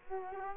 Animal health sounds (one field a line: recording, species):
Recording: mosquito wingbeat signal from an infrared sensor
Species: Culex quinquefasciatus